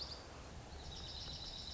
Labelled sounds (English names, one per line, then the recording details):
Dark-eyed Junco
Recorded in Sonoma County, California